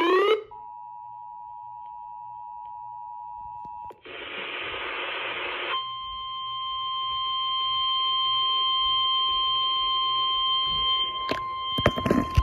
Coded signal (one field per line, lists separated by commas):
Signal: Emergency Alert System (SAME) tones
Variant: 853 and 960 Hz attention tone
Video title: Alerts from 7/10/24 - 7/12/24 (EAS #1138 - 1143)